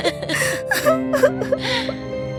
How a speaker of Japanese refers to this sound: そして3人はパーティーへ行き、シンデレラは取り残され一人で泣いていました。